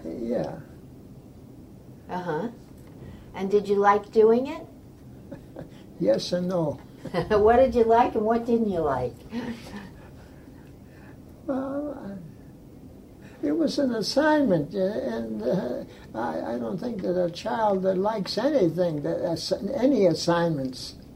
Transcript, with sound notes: Yeah.
Ah ha. And did you like doing it?
(laughs) Yes and No.
(laughs) What did you like and what didn't you like?
Well I -- it was an assignment ah and ah I I don't think that a child that likes anything that has -- any assignments.